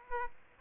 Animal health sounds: mosquito wingbeat signal from an infrared sensor; Aedes aegypti

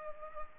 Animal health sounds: mosquito wingbeat signal from an infrared sensor; Culex pipiens

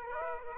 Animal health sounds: mosquito wingbeat signal from an infrared sensor; Aedes aegypti

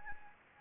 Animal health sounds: mosquito wingbeat signal from an infrared sensor; Anopheles gambiae

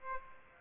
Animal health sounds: mosquito wingbeat signal from an infrared sensor; Aedes aegypti

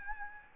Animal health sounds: mosquito wingbeat signal from an infrared sensor; Aedes albopictus

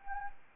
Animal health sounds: mosquito wingbeat signal from an infrared sensor; Anopheles arabiensis

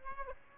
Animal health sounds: mosquito wingbeat signal from an infrared sensor; Aedes aegypti

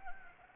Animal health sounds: mosquito wingbeat signal from an infrared sensor; Anopheles gambiae

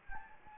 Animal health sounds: mosquito wingbeat signal from an infrared sensor; Anopheles gambiae

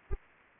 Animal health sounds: mosquito wingbeat signal from an infrared sensor; Anopheles arabiensis

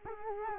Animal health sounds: mosquito wingbeat signal from an infrared sensor; Culex quinquefasciatus

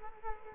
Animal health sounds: mosquito wingbeat signal from an infrared sensor; Culex quinquefasciatus

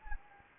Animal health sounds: mosquito wingbeat signal from an infrared sensor; Anopheles gambiae

